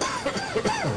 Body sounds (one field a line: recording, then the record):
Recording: coughing mixed with background sound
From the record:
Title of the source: Dry Coughing Fit in the Afternoon.